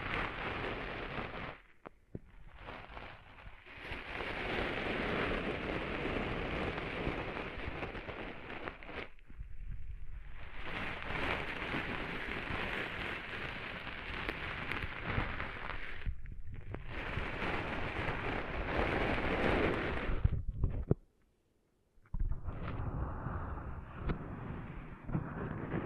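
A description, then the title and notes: Sand is cleaned out of an ear with a dense, crackling rush like heavy rain, coming in long bursts of several seconds. Short breaks fall near 2, 9 and 16 seconds, and a full second of silence just after 21 seconds before softer scratching resumes. ASMR Cleaning Sand Out of Your Ears (No Talking).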